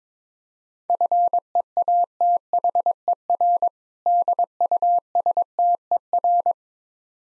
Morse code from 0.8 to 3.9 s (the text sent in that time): FEATHER